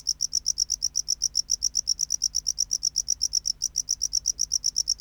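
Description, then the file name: Tropical house cricket singing a rapid, even train of shrill chirps, with one brief skip in the later part. "Bio Acoustica. Gryllodes sigillatus"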